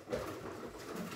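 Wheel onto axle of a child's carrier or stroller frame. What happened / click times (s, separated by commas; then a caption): The wheel is being handled and has not clicked onto the axle yet / none. A wheel is being pushed onto the axle of a child's carrier or stroller frame after a stopper has been pulled off the axle end. Only soft, steady handling and rubbing noise is heard for about 1.2 seconds, with no sharp hits. The wheel has not clicked or seated on the axle yet.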